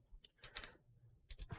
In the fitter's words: it's just not clicking